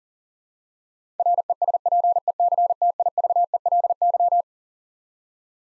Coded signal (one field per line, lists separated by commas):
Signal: Morse code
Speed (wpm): 40 wpm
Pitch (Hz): 700 Hz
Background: none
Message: RESPECTIVELY